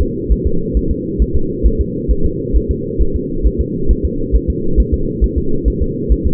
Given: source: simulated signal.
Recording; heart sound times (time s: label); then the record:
fetal heart sounds
0.02 s: S2
0.32 s: S1
0.46 s: S2
0.77 s: S1
0.91 s: S2
1.22 s: S1
1.36 s: S2
1.66 s: S1
1.81 s: S2
2.11 s: S1
2.25 s: S2
2.56 s: S1
2.71 s: S2
3.02 s: S1
3.16 s: S2
3.46 s: S1
3.61 s: S2
3.91 s: S1
4.05 s: S2
4.35 s: S1
4.50 s: S2
4.80 s: S1
4.94 s: S2
5.24 s: S1
5.38 s: S2
5.68 s: S1
5.82 s: S2
6.12 s: S1
6.27 s: S2
From the record:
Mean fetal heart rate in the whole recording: 135 bpm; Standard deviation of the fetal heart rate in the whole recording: 3 bpm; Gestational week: 34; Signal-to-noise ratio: -8.1 dB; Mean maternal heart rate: 72 bpm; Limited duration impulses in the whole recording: absent